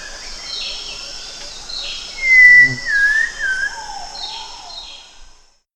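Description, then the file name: Cempala kuning song: clear whistled phrases, a long even note followed by wavering downward slurs, then a lower fading whistle, over steady background hiss. "cempalakuning omkicau"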